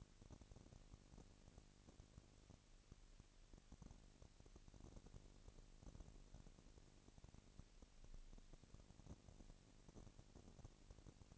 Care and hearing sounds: daily activity, microphone in the room; no activity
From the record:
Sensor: 4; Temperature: 22.3 degrees Celsius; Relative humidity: 31.9%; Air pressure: 998.0 hPa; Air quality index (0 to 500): 203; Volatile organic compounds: 17 ppm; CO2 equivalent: 2570 ppm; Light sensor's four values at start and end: 2/3/1/1 and 2/3/1/1

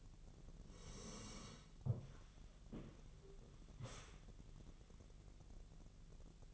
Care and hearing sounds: daily activity, microphone in the room; sit down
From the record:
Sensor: 4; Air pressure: 1001.2 hPa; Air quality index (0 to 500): 182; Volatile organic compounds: 2 ppm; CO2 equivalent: 1304 ppm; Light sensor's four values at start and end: 14/33/13/14 and 14/33/13/14

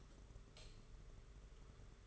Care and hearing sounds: daily activity, microphone in the room; light off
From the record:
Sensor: 4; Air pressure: 991.7 hPa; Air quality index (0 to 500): 99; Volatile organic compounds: 12 ppm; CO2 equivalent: 2328 ppm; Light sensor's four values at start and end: 9/25/9/11 and 7/16/6/6

